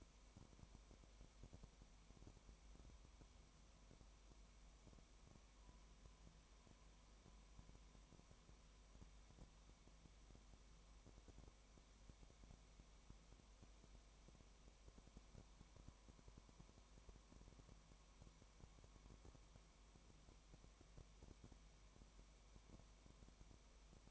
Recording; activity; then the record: daily activity, microphone in the room; no activity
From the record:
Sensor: 1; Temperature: 19.1 degrees Celsius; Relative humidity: 34.1%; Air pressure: 1001.3 hPa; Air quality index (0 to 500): 83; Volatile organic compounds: 1 ppm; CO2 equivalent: 829 ppm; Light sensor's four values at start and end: 1/2/1/1 and 1/2/1/1